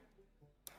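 A tool-less M.2 SSD retention latch on a motherboard drive mount is pulled back to take the drive out. A single sharp tick is heard at 0.7 s, and the latch releases.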